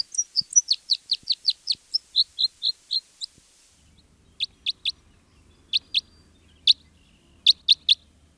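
Crossbill calls, a fast run of clipped descending chips, then after a pause spaced single notes and short groups of sharp notes, with faint low rumble beneath.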